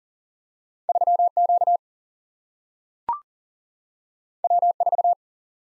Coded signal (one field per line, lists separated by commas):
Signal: Morse code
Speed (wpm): 38 wpm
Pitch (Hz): 700 Hz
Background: none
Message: 3 Q W 4